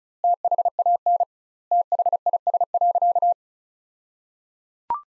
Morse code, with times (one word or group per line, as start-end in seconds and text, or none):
0.2-1.2 THAN
1.7-3.3 THIS.